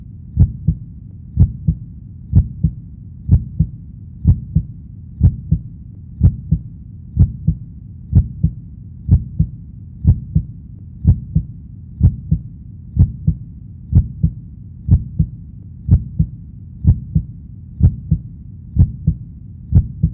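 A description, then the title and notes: A heartbeat thumps steadily, roughly one beat per second, each a deep double thud with a faint sharper click on top. The rhythm never changes across the twenty seconds, and a low muffled rumble fills the gaps between beats. Heartbeat Sound for Sleep, Relaxation and Meditation.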